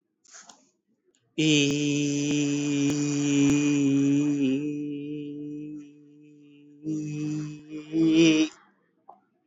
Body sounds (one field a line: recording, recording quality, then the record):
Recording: sustained vowel as in beet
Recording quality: excellent, no background noise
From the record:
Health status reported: recovered from COVID-19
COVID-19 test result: positive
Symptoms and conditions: none ticked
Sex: male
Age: 25 years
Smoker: not ticked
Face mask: not worn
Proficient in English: yes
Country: India